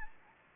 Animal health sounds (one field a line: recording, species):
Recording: mosquito wingbeat signal from an infrared sensor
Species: Anopheles gambiae